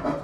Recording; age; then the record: pig call; growing-finishing pig (85 days or more)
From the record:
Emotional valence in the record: positive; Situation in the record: run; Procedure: transit